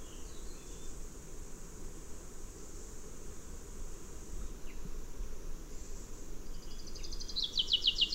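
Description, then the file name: Common chaffinch song: after a long stretch of low rumbling background noise, a bright rapid trill of descending chirps begins near the end and grows louder before cutting off. "Fringilla coelebs"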